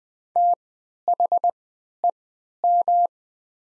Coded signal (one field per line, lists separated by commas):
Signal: Morse code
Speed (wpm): 20 wpm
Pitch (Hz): 700 Hz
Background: none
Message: THEM